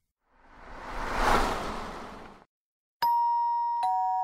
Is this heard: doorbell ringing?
yes